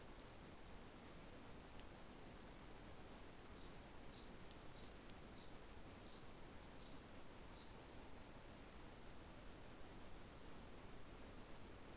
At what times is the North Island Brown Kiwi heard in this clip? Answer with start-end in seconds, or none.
none